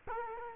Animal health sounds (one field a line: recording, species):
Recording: mosquito wingbeat signal from an infrared sensor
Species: Culex quinquefasciatus